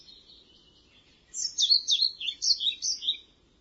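Bird singing: a soft thin buzzy trill, then a quick run of about eight high, sharply rising and falling chirps.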